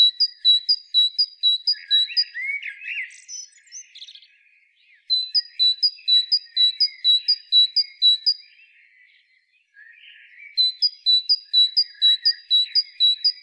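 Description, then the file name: Great tit calls: rhythmic strings of high, clipped two-part notes over buzzy chatter, in three bouts separated by brief quieter gaps. "Parus major"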